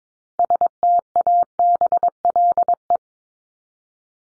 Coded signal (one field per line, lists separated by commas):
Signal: Morse code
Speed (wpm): 22 wpm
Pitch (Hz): 700 Hz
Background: none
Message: STABLE